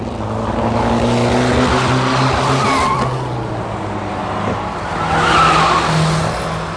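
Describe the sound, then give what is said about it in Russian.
A car, the Burevestnik, hums with a steady, low droning engine tone under a rush of road noise as it picks up speed, shifting slightly midway, then swelling louder as it accelerates at an intersection and turns, passing within an inch of the pedestrian curb. “На перекрестке Лео увеличила ход, постепенно поворачивая руль, и машина повернулась в дюйме от бордюра пешеходной дорожки.”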